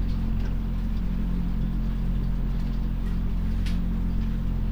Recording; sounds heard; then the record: poultry house recording; sick chickens (respiratory disease)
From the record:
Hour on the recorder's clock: 23